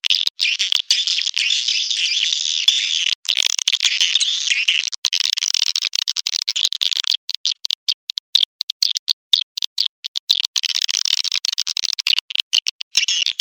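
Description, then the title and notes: Swiftlet calls, a continuous, dense twittering of high chirps with crackly, clicking breaks. Lure sound used in swiftlet bird farming, Asia. "Swiflet Bird Sound. Farming Swiflet Bird asia sound"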